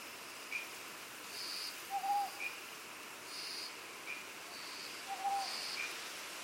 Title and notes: 梟 - Owl. Recorded in Iriomote Island Okinawa Japan